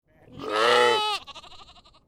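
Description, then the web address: Sheep giving a single loud, quavering bleat that swells and then cuts off after about a second, followed by a soft, wavering tail. A lamb and an adult sheep. "Lynne Music 2 Animal-Sheep-Lamb-And-Adult"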